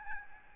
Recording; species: mosquito wingbeat signal from an infrared sensor; Aedes albopictus